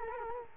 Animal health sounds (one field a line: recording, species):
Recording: mosquito wingbeat signal from an infrared sensor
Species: Culex quinquefasciatus